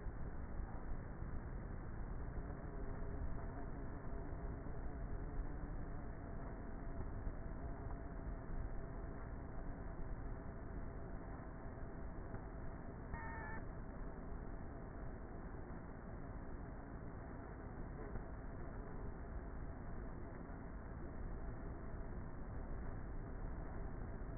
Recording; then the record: honeybee colony, microphone inside the hive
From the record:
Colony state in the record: queenless with a low population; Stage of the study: before two queens were removed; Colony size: about 30,000 bees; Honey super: no